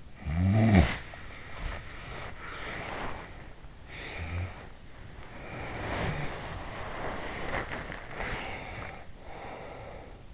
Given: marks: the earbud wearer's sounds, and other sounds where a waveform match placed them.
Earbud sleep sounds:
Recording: sounds in sleep by an in-ear microphone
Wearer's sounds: snoring breath, body movement, breath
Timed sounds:
0.00-1.20 s: snoring breath
0.74-1.83 s: body movement
1.83-3.44 s: breath
3.44-5.14 s: snoring breath
5.17-9.83 s: body movement
7.77-10.34 s: breath

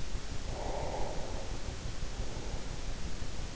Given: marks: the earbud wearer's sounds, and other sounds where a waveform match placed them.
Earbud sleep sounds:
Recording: sounds in sleep by an in-ear microphone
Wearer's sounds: breath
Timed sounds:
0.46-3.05 s: breath

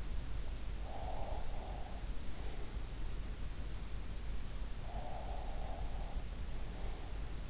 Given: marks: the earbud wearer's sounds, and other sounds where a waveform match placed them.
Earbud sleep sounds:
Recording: sounds in sleep by an in-ear microphone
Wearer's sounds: breath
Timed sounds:
0.21-2.94 s: breath
4.86-7.50 s: breath

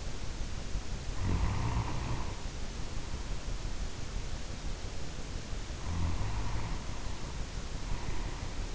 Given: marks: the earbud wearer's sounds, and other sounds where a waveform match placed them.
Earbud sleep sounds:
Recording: sounds in sleep by an in-ear microphone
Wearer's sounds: snoring breath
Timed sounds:
1.03-3.55 s: snoring breath
5.72-8.75 s: snoring breath

